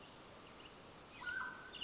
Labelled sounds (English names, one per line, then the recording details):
Mountain Quail
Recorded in Sonoma County, California